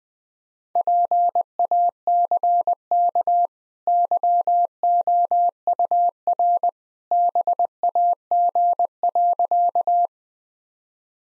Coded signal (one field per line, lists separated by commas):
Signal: Morse code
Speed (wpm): 20 wpm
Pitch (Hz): 700 Hz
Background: none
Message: PACK YOUR BAG.